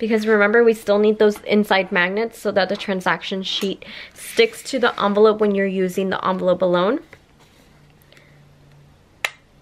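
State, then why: Seated. Someone talks for about seven seconds while placing small craft magnets inside a paper cash envelope, with tape helping to position them so they snap onto the matching magnets and hold the transaction sheet. Faint small rustles follow in the quiet. At 9.3 s a magnet snaps sharply onto its mating magnet through the envelope, seating with a short click.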